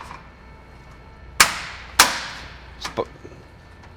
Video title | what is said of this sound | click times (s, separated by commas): Multi Slide Stacking Pleated Screen Tensioning + Adjustments (Part 9 of 10) | And that all just snaps right in place. | 1.4 s, 2.0 s